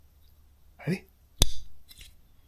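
Someone talks briefly, then the blade of a sharpened lockback folding knife with a steel blade and lock bar is worked until the lock engages in the handle. A single sharp, loud click at 1.4 s confirms the lock has seated.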